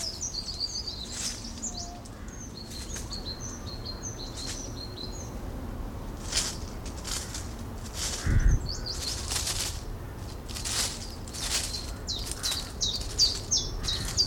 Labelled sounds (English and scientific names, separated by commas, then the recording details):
Common Chiffchaff (Phylloscopus collybita)
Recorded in the wild
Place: Plön, Holsteinische Schweiz, Schleswig-Holstein, DE
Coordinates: 54.161, 10.426
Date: 1992-09-23 13:05
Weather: heiter bis wolkig, Wind, 16-22°C
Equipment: Marantz CP 430, Sennheiser ME 80, Kopie Tesla B 116
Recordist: Tembrock, Günter